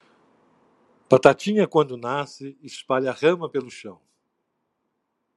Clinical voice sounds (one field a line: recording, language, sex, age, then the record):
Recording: short text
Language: Brazilian Portuguese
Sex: male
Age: 60 to 69 years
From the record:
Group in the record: control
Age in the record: 65 years